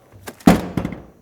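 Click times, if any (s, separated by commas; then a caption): 0.3 s, 0.8 s. A removable seat in a 2011 Kia Sedona minivan is lowered so its latches drop onto the metal floor cleats and lock. Sharp metallic clicks come at 0.3 s and 0.8 s, set among a heavy thunk and several smaller knocks. The seat is latched and locked onto the cleats.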